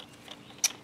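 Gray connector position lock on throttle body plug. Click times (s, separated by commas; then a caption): 0.6 s. The gray secondary locking tab on the plastic throttle body plug of a 2010-2016 Cadillac SRX is pushed back in after the plug has clicked on. A faint tick at 0.3 s precedes a sharp, bright click at 0.7 s. The connector position lock is seated home.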